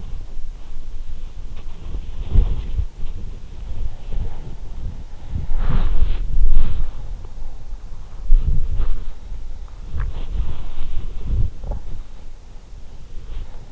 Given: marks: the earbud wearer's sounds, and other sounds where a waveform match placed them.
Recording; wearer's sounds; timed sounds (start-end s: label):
sounds in sleep by an in-ear microphone; body movement
0.00-13.71 s: body movement